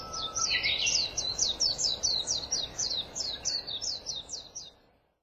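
White-eye calling in a fast run of many high, thin, sweeping twitters, fading out, over background noise.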